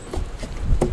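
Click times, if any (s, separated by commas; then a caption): none. A heater hose quick-connect fitting on an Acadia, Enclave or Traverse, under repair for a rear evaporator replacement because the A/C is not cooling, is handled as it is pushed back onto its heater core pipe after the squeeze retainer was removed. Low rubbing and handling noises build, with a sharp burst at 0.8 s. Nothing has seated or clicked yet.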